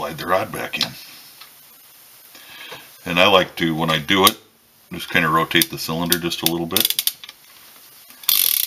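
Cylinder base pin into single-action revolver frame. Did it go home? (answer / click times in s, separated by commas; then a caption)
yes / 8.3 s. After cleaning, the steel cylinder base pin of a Ruger Blackhawk single-action revolver is slid back into the frame while someone talks, and the cylinder is turned slightly. At 8.3 s a sharp metallic click rings out, followed by a quick run of smaller clicks. The pin seats and the latch locks it in.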